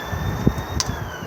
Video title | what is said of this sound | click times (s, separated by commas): 49719 Elddis 2020 Majestic 175 outside Handover | and lock into place | 0.8 s